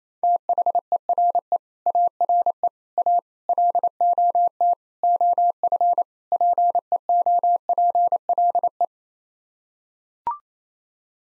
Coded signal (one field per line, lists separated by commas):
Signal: Morse code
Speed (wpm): 28 wpm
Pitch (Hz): 700 Hz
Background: none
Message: THERE ARE A LOT OF PEOPLE